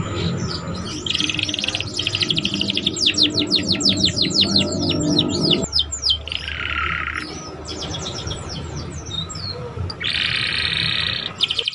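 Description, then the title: Canary song, long rapid trills of repeated sweeping notes, then buzzy rolling phrases and more trilled runs. Song used to warm up Belgian canaries and to lure young canaries into singing and chattering quickly. "Canto Para Esquentar Canário Belga. SUARA KENARI PAUD CUIT CUIT BELAJAR BUNYI - pancingan kenari paud muda agar cepat bunyi dan ngeriwik"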